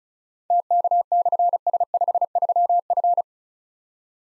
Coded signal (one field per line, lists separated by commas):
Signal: Morse code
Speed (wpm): 36 wpm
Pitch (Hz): 700 Hz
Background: none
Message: TK/S53F